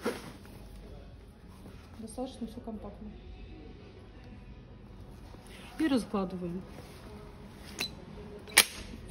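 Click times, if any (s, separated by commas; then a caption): 8.6 s. An Indigo Broco Eco 2-in-1 stroller's aluminium frame is unfolded while someone talks, with rattling and sliding frame noises along the way. The fold joint latches with a loud, sharp click at 8.6 s, locking the frame open.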